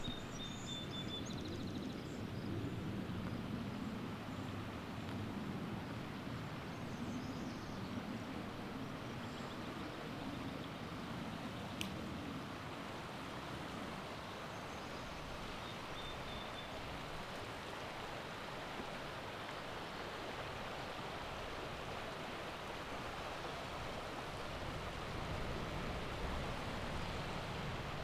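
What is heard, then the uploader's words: Near a river, a steady, dense rushing wash of water holds an even level throughout, with a single sharp click just before twelve seconds. A quiet spot near a river. This was recorded on Thursday afternoon while I was walking along the banks of a swollen Clark Fork River near the confluence with the Bitterroot River. The normal rushing sounds of the river as it fights its way over rocks and deadwood are somewhat muted in this recording because the river this time of year runs high with spring runoff.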